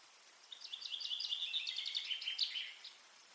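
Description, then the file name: Common chaffinch singing one full phrase of quick, high notes ending in a flourish, over steady low background hiss. "Fringilla coelebs"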